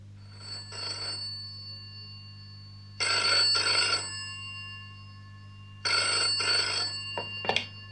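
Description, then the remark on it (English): A telephone rings three times in the classic double-burst pattern as a former girlfriend calls a man to arrange a meeting, each ring a bright, buzzy electronic trill over a low steady hum, ending with a sharp click as it is picked up. “an old flame of Chris's, phones him to arrange a meeting”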